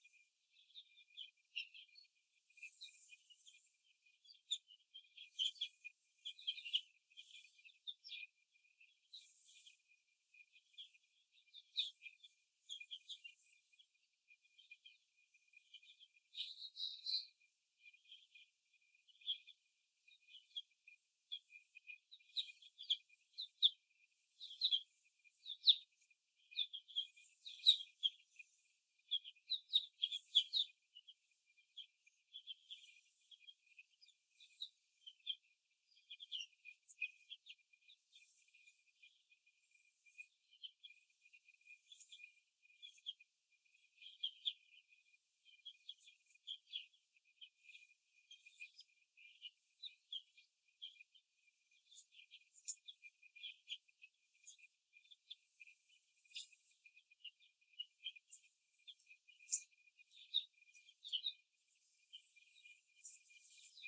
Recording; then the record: young laying hens in a cage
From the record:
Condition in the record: after the stressor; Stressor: simulated dog barking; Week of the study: 2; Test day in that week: 2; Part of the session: 2